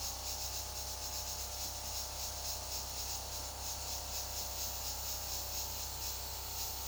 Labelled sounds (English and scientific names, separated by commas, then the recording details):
none
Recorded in secondary vegetation near Puerto Asís, Putumayo, Colombia, on 21 February 2024 at 13:00
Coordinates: 0.489, -76.322
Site G6419